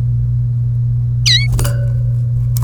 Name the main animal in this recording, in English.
Domestic Canary